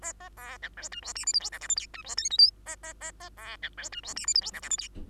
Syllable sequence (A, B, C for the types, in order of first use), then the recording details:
A A B C D E F G H I J K L M N E F O P Q A A A A B C D E F G H I J K L M N. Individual Bird2